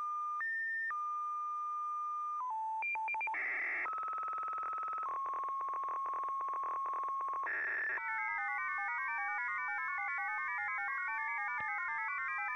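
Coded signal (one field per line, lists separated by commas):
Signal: numbers station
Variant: F07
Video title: 10244kHz USB Russian Number Station F07 (28.03.2024)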